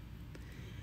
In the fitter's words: I am using another one a black one you push it in until you hear the click